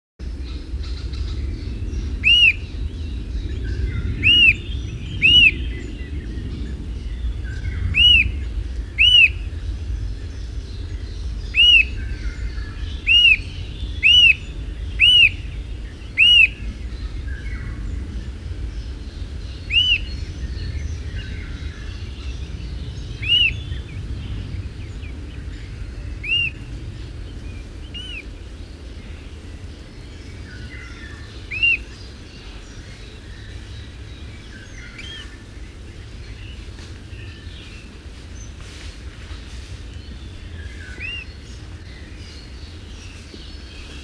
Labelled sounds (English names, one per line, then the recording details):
Eurasian Nuthatch call
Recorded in the wild
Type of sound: call
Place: Ciucurova, Dobrogea, RO
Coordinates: 44.933, 28.483
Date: 1976-05-29
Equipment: Nagra III BH, Sennheiser MD 21, parabola
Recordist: Schubert, Michael
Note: "diü" - Rufe von einem Kleiber mit Futter im Schnabel